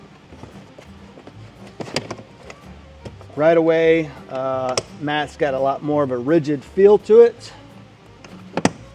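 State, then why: Seated. A rigid rubber 3W floor liner is pressed down onto the floor's retention hook or post in a Ford Bronco while someone talks, with a few light knocks and taps early on. A sharp snap at 8.7 s marks the liner locking into place and seating tight.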